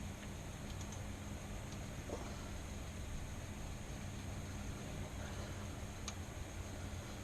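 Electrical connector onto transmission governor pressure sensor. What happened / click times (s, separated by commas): Connector did not click onto the sensor / none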